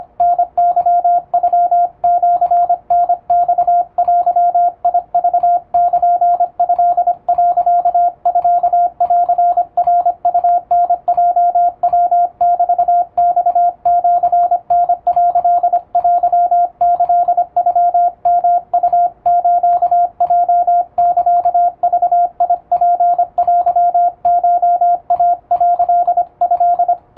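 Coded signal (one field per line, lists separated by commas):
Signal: Morse code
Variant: Japanese Wabun code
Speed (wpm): 25 wpm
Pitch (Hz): 700 Hz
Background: radio noise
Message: タケノシタマデクルト、ミンナウタヲヤメマシタ」テキノヨウスヲサグツテコイ」ト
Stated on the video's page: Japanese wabun Morse plain-text practice for radiotelegraph operator exam, sent with an electronic keyer, somewhat fast.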